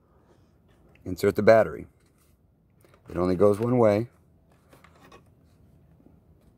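Someone talks while a battery pack is turned to the right orientation, since it fits only one way, and slid toward the battery bay of a Vivitar Skyview toy drone. Only soft rubbing sounds are heard, and the battery has not yet clicked or seated.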